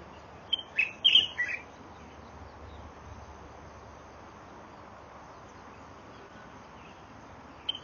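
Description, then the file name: Light-vented bulbul giving one quick phrase of sharp, chirping whistled notes early on, then a single faint note at the very end, with quiet hiss between. "sirogasira"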